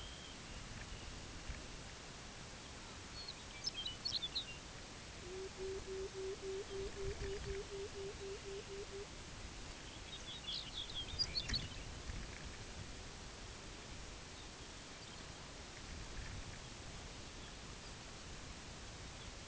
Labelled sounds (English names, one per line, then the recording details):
Dunlin
Lapland Longspur
Pectoral Sandpiper
unidentified sound
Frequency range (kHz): Lapland Longspur 1.1-6.8 kHz
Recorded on Arctic tundra, site UTQI-5, on 16 June 2019
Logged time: 12:00